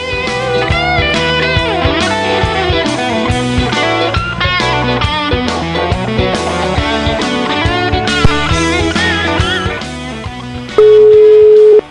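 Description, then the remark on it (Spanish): Busy music plays for most of the stretch, then gives way at the end to a loud, steady single-pitched telephone tone lasting about a second, like a line tone during dialing. “Un intento más y si no cambiamos de teléfono, que están dando mal ese teléfono.”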